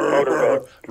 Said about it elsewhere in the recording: Snoring. He's very tired. He's like a foot away from my mic, and it's so loud.